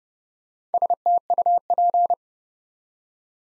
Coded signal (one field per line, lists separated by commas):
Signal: Morse code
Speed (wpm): 30 wpm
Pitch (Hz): 700 Hz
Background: none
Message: STUP